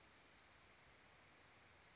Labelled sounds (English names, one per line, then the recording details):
Western Flycatcher
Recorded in Sonoma County, California